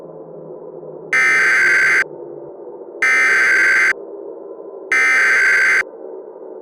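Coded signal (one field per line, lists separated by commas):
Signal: Emergency Alert System (SAME) tones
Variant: header bursts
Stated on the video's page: The SAME tones are part of a fictional EAS scenario, a mock rather than a real alert.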